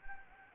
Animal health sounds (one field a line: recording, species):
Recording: mosquito wingbeat signal from an infrared sensor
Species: Anopheles gambiae